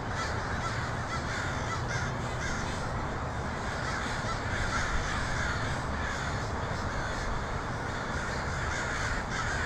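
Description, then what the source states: Raucous crow caws pour out nonstop from many birds, rough and overlapping, over a constant low roar. Multiple crows recorded in Portland (PDX) on 23 October 2018.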